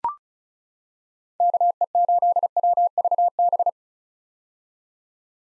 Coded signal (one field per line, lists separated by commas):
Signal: Morse code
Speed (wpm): 34 wpm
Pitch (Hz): 700 Hz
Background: none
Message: KE8WVB